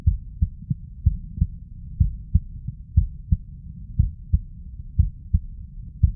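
Low, muffled paired thumps, a lub followed closely by a dub, repeat steadily at about 60 beats a minute from an adult heart heard through a stethoscope on the chest. It is a clean sound effect of an ordinary heartbeat with no added noises.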